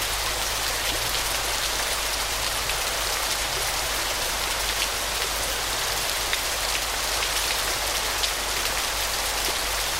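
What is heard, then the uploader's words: A small waterfall pours down over rocks in a constant, unbroken flow, its hiss dense and bright with little low rumble. The level stays even throughout, with only a few faint splashes and droplet ticks standing out now and then. Gentle, soothing sounds of a small waterfall. The water cascade down the rocks in a constant flow.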